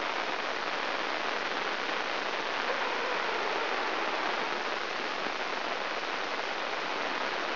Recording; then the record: brain microelectrode recording played as sound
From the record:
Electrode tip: inside the subthalamic nucleus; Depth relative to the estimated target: -4 mm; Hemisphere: right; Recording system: AlphaMap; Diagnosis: Parkinson's disease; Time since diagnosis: 26 years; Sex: female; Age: 68 years